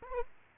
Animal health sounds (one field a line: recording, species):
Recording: mosquito wingbeat signal from an infrared sensor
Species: Aedes aegypti